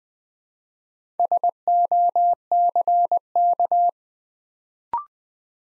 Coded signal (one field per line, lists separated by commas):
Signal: Morse code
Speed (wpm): 20 wpm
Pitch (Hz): 700 Hz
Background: none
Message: SOCK